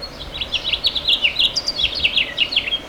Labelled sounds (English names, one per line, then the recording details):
House Finch song
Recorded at Babylon on Long Island, New York, on 18 May 2013
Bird A